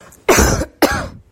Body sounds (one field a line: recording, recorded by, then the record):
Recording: voluntary cough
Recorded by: messaging app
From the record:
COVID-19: negative